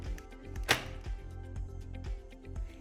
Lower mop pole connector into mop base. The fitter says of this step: and guide the connector piece into the base until you hear a click.